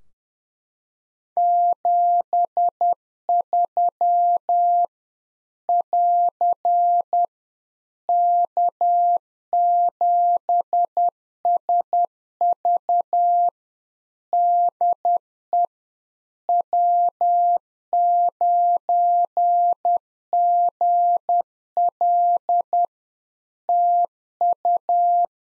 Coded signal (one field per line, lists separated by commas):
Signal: Morse code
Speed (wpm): 10 wpm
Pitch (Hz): 700 Hz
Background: none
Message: 73 <AR> K7SV DE W9GL TU